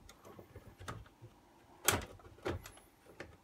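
An internal plastic assembly near the MD section is pressed into the chassis on both sides while a Victor Clavia RC-G15MD boombox is being reassembled. Quieter plastic clicks and handling knocks lead up to one loud snap at 1.9 s, followed by more light taps. Only the left side seats; the right side does not go in.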